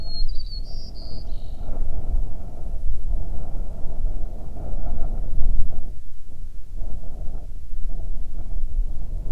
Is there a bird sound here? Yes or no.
yes